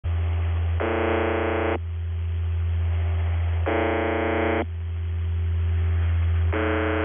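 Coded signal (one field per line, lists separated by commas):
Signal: channel marker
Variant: UVB-76, The Buzzer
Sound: harsh one-second buzzes repeating about every three seconds, three heard, over droning hum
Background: radio static, low hum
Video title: [UVB-76, The Buzzer] Voice Message; 19. October 2020, 10:47 UTC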